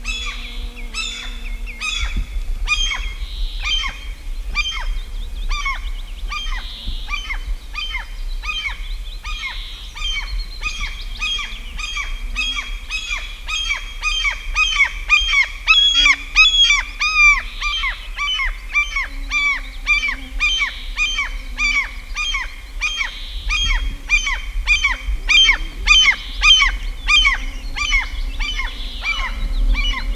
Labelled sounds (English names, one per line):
Common Gull call